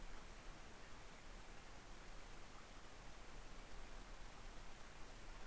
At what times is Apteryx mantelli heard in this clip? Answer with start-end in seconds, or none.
none